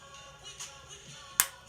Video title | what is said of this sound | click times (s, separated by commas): Extreme Ice Lash Look | there we go there's the click okay slide them out after that and then guess what you can click it back on | 1.4 s